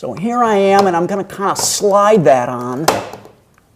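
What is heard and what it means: Someone talks while sliding the finish end plate toward the live end connector of a ceiling lighting track, where it is meant to snap on. Voice fills most of the clip, with a brief faint tick near 3.6 s as the talk fades. Nothing has seated or clicked yet.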